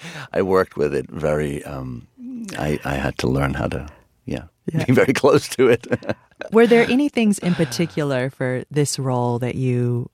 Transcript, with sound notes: But I worked with it very - I had to learn how to, yeah, be very close to it (laughter).
Were there any things in particular for this role that you